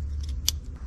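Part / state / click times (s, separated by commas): wire terminal in connector housing / released / 0.5 s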